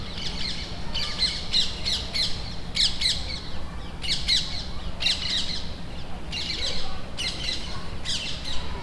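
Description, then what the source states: Rose-ringed parakeet squawking: repeated harsh screeching bursts coming in quick clusters, over a low background rumble. Parakeets agitated at the foot of Parc des Beaumonts, Montreuil near Paris, France; recorded with a DR-40X.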